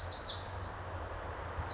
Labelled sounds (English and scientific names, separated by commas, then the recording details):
Pacific Wren (Troglodytes pacificus)
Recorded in Sonoma County, California